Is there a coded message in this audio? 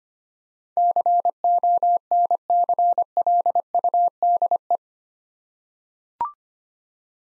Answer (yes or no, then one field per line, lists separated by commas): yes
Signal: Morse code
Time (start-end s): 0.8-4.8 s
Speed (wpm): 25 wpm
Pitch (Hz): 700 Hz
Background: none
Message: CONCLUDE